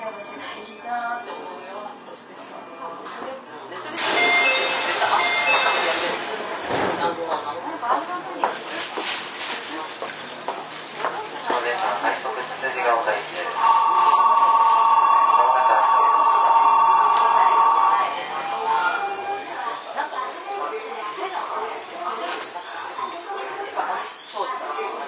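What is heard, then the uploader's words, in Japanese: Keio 9000 series train ride with a voice talking throughout, a loud hissing burst around four seconds, and a steady high tone from fourteen to eighteen seconds. 京王9000系 高尾山口〜つつじヶ丘。快速つつじヶ丘行を録音。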